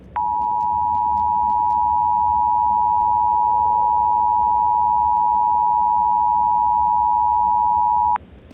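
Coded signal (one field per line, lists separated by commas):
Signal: Emergency Alert System (SAME) tones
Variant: 853 and 960 Hz attention tone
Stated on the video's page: Recreation of another creator's fictional scenario; not a real alert.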